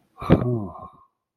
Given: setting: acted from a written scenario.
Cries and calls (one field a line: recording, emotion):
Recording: vocal sound without words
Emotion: pride